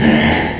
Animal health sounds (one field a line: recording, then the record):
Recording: squeal of a Yucatan mini pig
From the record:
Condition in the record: before surgery on the right vocal fold (resection and tissue-engineered implant)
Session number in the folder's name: 2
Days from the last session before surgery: 0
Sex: male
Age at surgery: 12 weeks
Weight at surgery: 13 kg